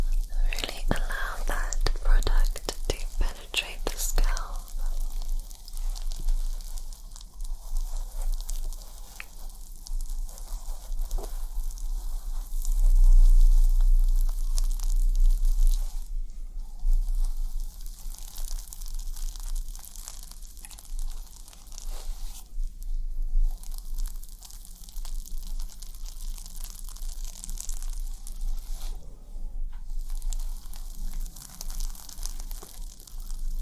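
Dry scratching and rubbing on a scalp runs throughout, a dense crinkly texture with quick bursts of sharper scratches in the first few seconds and again around 15, 23 and 29 seconds. A low steady hum sits underneath.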